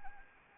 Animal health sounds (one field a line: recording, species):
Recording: mosquito wingbeat signal from an infrared sensor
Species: Anopheles arabiensis